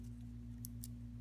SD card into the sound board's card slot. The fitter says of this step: you can hear the click click it back into place